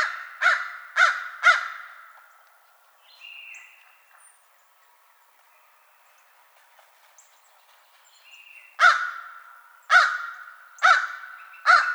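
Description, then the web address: American crow: three harsh caws in quick succession, a quiet gap with faint sounds, then four more raspy caws. Recorded 22 March 2007. "American Crow 2007 03 22"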